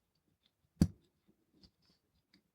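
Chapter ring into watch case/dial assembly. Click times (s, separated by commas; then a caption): 0.8 s. A chapter ring is pressed by fingers into place over the dial of a DIY watch kit, in the watch case/dial assembly. Several small, faint clicks are heard, with the loudest sharp click at 0.8 s as the chapter ring seats into place.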